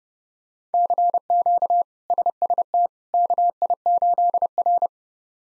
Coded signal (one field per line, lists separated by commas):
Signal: Morse code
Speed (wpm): 32 wpm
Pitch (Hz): 700 Hz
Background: none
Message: CQ SST KI8R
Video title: K1USN SST QSO Practice 30wpm